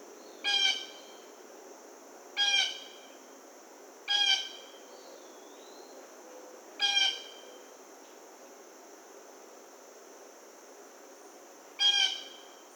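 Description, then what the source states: Blue jay repeating brief harsh calls at uneven intervals, five in about thirteen seconds, over a steady high drone. Recorded on 1 August 2009.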